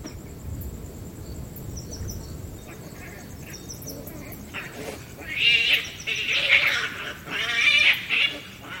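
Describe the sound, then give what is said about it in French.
Shrill, wavering mongoose howls rise out of a steady night-time insect hum by a pond, starting faint and swelling into several loud, drawn-out cries in the second half. “Mais après, quand j'ai eu l'enregistrement et que j'ai entendu les hurlements, je ne la voyais pas.”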